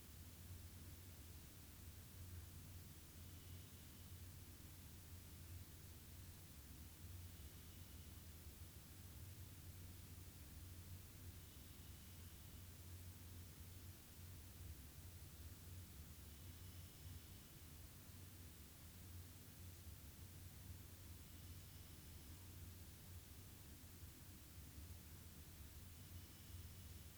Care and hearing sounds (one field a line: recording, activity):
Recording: daily activity, guitar pickup as the sensor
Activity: sit